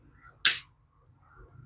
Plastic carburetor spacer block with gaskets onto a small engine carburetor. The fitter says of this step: you hear that little click? That's it.